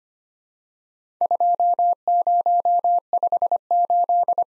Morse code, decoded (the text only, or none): 2058